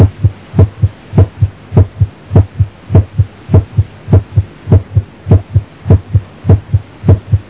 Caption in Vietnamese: Gắng sức, cường giáp, sốt hoặc tăng lưu lượng tuần hoàn, thông liên thất. Tiếng thứ nhất có thể mạnh lên.